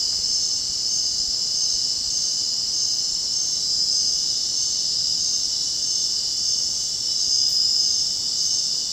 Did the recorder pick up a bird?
no